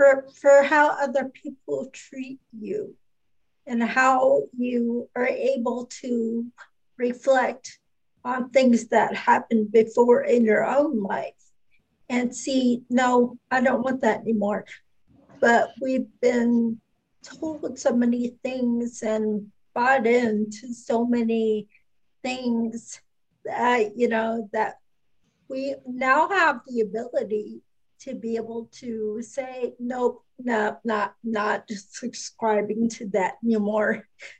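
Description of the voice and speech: One adult woman speaks fluently in a conversational monologue, with a mid-range voice and natural shifts in pitch. Pauses fall at phrase boundaries, and articulation and voice quality are clear. This is ordinary, typical speech.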